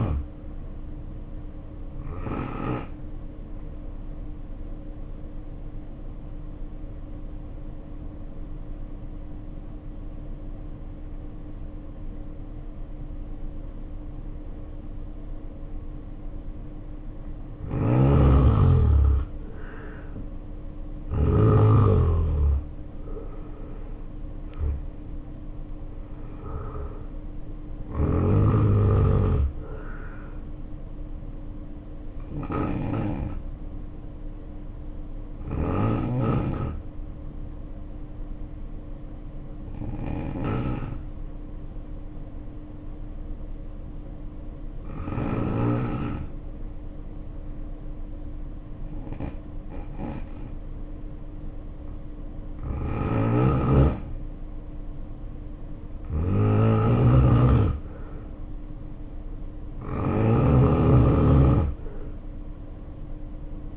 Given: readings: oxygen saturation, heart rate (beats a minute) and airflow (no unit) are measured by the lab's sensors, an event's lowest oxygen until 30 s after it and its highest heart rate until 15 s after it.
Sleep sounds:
breathing in sleep by a smartphone at the bedside; 2
4.00-34.00 s: new sleep stage, N2 (light sleep)
7.00-19.40 s: obstructive apnea (N2, oxygen 91% highest, then 77% lowest, heart rate 61 at the start, 73 highest)
34.00-63.77 s: new sleep stage, N1 (lightest sleep)
36.00-57.10 s: hypopnea (N1, oxygen 94% highest, then 83% lowest, heart rate 54 at the start, 64 highest)
From the record:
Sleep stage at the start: N1 (lightest sleep); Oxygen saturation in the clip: 77 to 94%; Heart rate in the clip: 54 to 73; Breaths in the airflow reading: 11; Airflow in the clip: -5.9 to 7.7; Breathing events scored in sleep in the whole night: 520 in 7.2 hours asleep

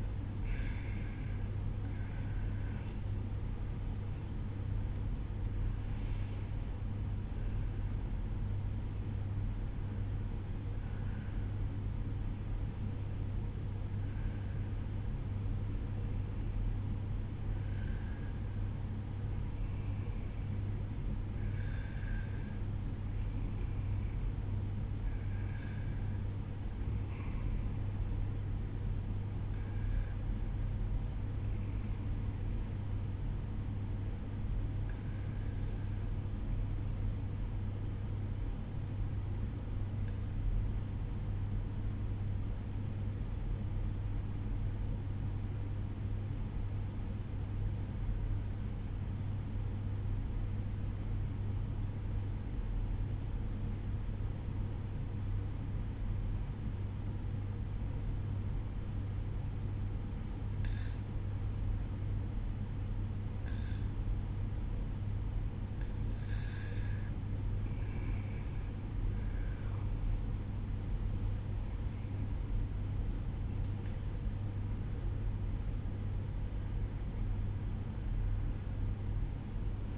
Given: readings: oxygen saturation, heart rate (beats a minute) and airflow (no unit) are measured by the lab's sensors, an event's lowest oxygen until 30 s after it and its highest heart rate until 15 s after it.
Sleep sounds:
breathing in sleep by a smartphone at the bedside; 1
32.00-66.70 s: obstructive apnea (REM, oxygen 96% highest, then 94% lowest, heart rate 56 at the start, 69 highest)
76.00-79.98 s: new sleep stage, N1 (lightest sleep)
From the record:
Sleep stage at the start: REM sleep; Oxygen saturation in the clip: 93 to 96%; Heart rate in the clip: 55 to 69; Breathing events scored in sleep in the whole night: 305 in 9.6 hours asleep

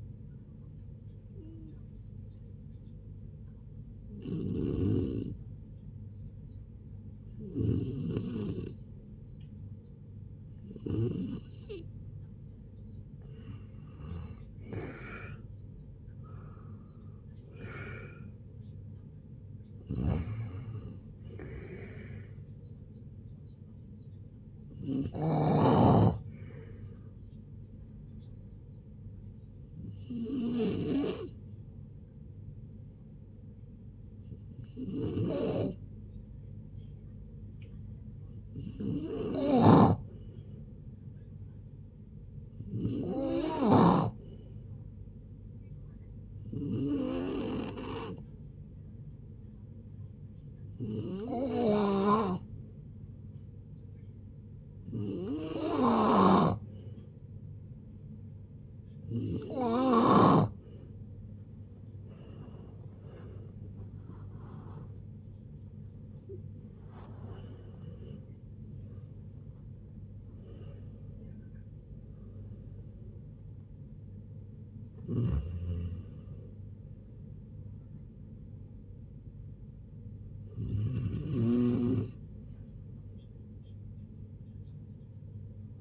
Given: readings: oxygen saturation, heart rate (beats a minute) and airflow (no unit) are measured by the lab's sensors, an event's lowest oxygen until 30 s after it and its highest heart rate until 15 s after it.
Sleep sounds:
a person awake in a sleep study, by a smartphone at the bedside; none
0.00-85.81 s: awake
0.00-85.81 s: awake
From the record:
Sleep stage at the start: awake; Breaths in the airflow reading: 31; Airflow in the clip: -0.7 to 0.7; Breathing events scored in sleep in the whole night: 496 in 5.4 hours asleep

